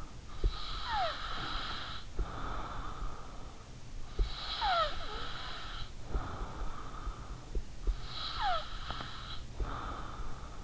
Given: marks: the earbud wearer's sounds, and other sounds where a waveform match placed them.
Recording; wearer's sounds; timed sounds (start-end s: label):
sounds in sleep by an in-ear microphone; snoring breath
0.00-10.64 s: snoring breath